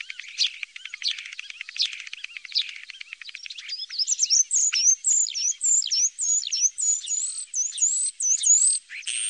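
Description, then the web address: Common starling song opening with a fast dry rattle and clicks, then a run of high whistled, sharply inflected notes repeated in quick succession. "Faglar Sound Stare"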